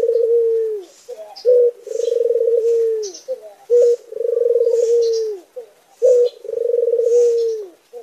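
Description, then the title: Barbary dove cooing repeatedly: four rolling, trembling coos that sag at the end, separated by brief sharp notes; faint high chirping from other birds. White Barbary dove (puter putih). "Masteran Burung Puter Putih"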